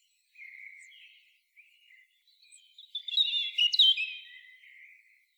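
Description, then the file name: European robin song, soft drawn-out thin whistles followed by a louder rippling run of high warbled notes that trails off. "Erithacus rubecula"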